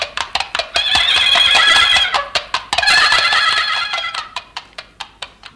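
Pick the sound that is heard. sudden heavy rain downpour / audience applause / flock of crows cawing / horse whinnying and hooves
horse whinnying and hooves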